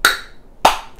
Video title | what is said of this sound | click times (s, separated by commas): How to Backflush an Espresso Machine Easy and Fast - Featuring Nuova Simonelli Oscar II | should snap right into place | 0.0 s, 0.7 s